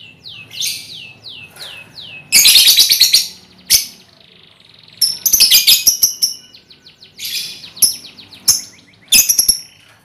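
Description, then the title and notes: Lovebird chattering song: descending whistled notes give way to dense, harsh high chatter in several long bursts with brief gaps. Lovebird ngekek song, used as a lure song (kicau pancingan). "Master Kicau Lovebird ngekek, kicau pancingan"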